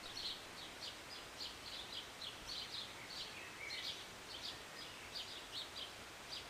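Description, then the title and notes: Bird chirping in quick high bursts, one short lower whistle in the middle, over a steady hiss of rain. Birds singing and chirping from a city balcony on a Sunday morning during a short rain. "Rainy Morning with Birds Chirping. Was sitting on my balcony on a Sunday morning, enjoying a cup of tea and the birds. Enjoy the short rain in the morning with birds singing and chirping beautifully. And an occasional plane. Believe it or not, this was recorded in the city"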